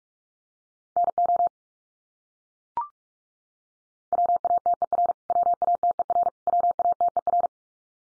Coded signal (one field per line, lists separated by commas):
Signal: Morse code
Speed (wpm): 44 wpm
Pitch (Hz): 700 Hz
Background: none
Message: NO WATER WATER WATER